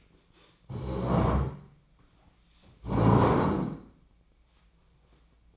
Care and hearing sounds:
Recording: daily activity, microphone in the room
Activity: stand up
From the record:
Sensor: 1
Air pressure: 1012.3 hPa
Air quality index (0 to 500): 172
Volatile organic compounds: 3 ppm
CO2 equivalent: 1414 ppm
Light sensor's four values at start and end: 45/122/50/61 and 46/124/51/62

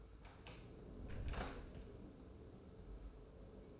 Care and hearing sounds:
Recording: daily activity, microphone in the room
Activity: close door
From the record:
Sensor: 2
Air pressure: 1015.0 hPa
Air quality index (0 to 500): 114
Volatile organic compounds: 3 ppm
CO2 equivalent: 1452 ppm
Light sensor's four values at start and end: 13/35/14/15 and 13/35/14/15

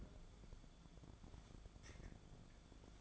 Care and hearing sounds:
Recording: daily activity, microphone in the room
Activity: take from stove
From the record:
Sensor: 5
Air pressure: 1010.4 hPa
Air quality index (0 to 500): 113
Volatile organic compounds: 2 ppm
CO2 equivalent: 1110 ppm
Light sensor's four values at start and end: 547/1395/578/663 and 584/1492/618/720

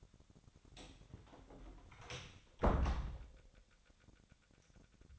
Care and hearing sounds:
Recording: daily activity, microphone in the room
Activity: close door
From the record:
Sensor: 3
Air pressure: 1007.3 hPa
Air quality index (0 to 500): 200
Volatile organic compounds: 17 ppm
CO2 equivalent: 2566 ppm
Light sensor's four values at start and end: 13/30/13/13 and 12/29/12/12

